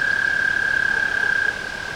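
Tree frog's rapid, high, buzzy trill, held for about a second and a half before fading to a quieter continuing trill.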